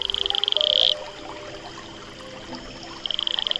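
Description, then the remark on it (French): An Atelopus franciscus toad, about 2.5 cm long, living in the equatorial forest of French Guiana, calls with a rapid, buzzy train of high-pitched pulses, loud for about a second, then falls silent and starts a second pulsed trill near the end. “Aujourd'hui, le crapaud Atelopus franciscus.”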